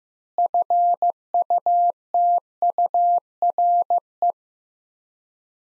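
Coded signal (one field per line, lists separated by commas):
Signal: Morse code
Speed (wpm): 16 wpm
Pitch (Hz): 700 Hz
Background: none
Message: FUTURE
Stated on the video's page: Morse practice at 15 wpm: sets of three words with 4x word-spacing, Farnsworth-like, each sent, spoken, then sent again for head-copy.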